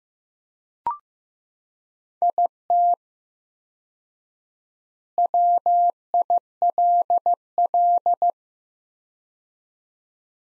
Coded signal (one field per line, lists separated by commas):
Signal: Morse code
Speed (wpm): 15 wpm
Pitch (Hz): 700 Hz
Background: none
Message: IT WILL